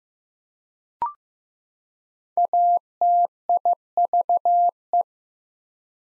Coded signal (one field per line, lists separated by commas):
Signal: Morse code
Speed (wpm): 15 wpm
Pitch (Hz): 700 Hz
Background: none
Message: ATIVE